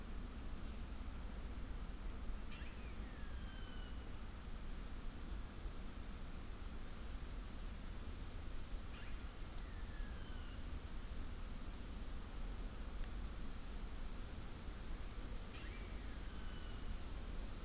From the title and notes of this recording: We captured this hour of forest time by leaving the Lento mics alone on an old tree last month deep in the Wyre Forest in Worcestershire. Slow forest Wyre valley.